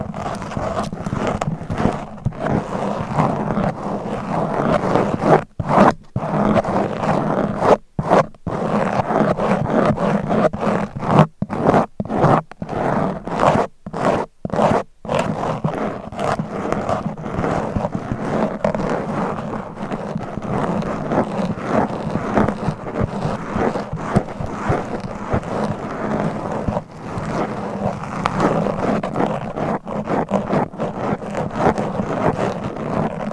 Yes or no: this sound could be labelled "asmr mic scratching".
yes